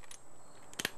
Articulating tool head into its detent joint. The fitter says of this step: you can rotate till it snaps